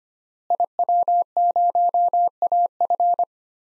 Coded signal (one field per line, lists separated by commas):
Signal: Morse code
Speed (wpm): 25 wpm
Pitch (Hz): 700 Hz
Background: none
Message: IW0AF